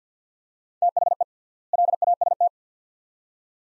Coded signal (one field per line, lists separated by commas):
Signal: Morse code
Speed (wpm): 50 wpm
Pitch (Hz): 700 Hz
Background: none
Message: THE LAST